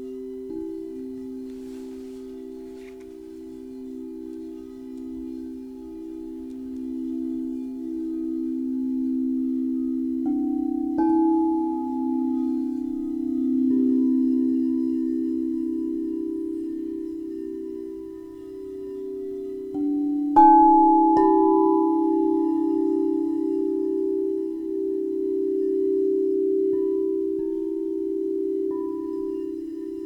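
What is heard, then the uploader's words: Crystal singing bowls hum in a steady low drone, with brighter tones struck around ten and twenty seconds, then slowly fading. Crystal singing bowls.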